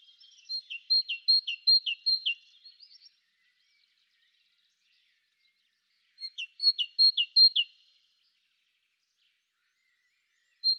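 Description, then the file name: Great tit song of rhythmic high-low double notes: a long strophe of several units, a pause, then another strophe and the start of a third. "Parus major"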